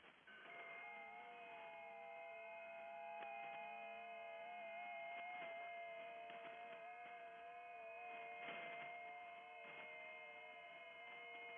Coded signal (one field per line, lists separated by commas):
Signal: FT8